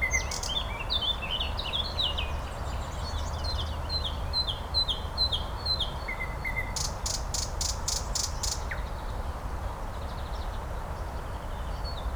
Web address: slowik spiew slowika